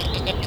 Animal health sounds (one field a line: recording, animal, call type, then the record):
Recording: contact call of a hoofed animal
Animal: goat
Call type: low-frequency (closed-mouth) or high-frequency (open-mouth) call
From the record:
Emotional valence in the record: negative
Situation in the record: short social isolation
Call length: 0.47 s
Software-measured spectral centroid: 2930 Hz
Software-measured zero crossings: 2500 a second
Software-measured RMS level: -24 dBFS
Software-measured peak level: -8 dBFS